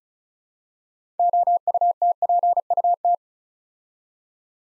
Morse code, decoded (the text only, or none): OUTPUT